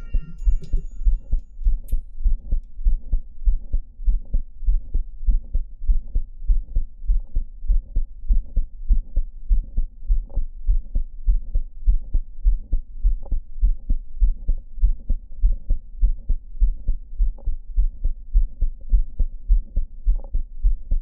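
Adult heart heard by stethoscope at Botkin's point, patient lying. A crescendo systolic murmur that quickly disappears, from mitral valve prolapse. Then, on inspiration, multiple dry sounds unrelated to the cardiac cycle, probably extracardiac, a rare auscultatory phenomenon. Echocardiography hours earlier missed the prolapse, which repeat echocardiography confirmed.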